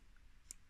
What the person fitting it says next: vous entendez le petit clic qui libère la carte et vous pouvez la retirer sans souci voilà